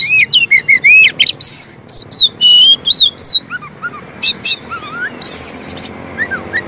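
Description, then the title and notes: Oriental magpie-robin song, looping warbled whistles and quick chipping notes, softer lower whistles and a buzzy high phrase. Long-duration filler song (isian) for training kacer to sing actively (gacor) day and night. "Kacer Jadi Gacor Siang Malam. Isian Kacer Durasi Panjang"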